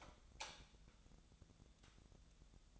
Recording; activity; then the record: daily activity, microphone in the room; light off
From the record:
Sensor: 3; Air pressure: 1000.0 hPa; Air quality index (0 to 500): 126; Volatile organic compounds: 2 ppm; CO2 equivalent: 1125 ppm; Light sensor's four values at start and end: 38/96/41/45 and 36/91/39/43